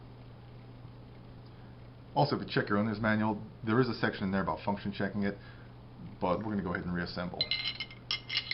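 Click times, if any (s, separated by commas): 8.1 s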